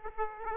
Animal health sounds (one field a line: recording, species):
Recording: mosquito wingbeat signal from an infrared sensor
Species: Aedes aegypti